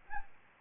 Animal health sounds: mosquito wingbeat signal from an infrared sensor; Aedes albopictus

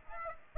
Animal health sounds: mosquito wingbeat signal from an infrared sensor; Aedes aegypti

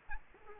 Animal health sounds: mosquito wingbeat signal from an infrared sensor; Aedes aegypti

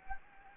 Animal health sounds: mosquito wingbeat signal from an infrared sensor; Anopheles arabiensis

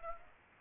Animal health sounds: mosquito wingbeat signal from an infrared sensor; Aedes aegypti

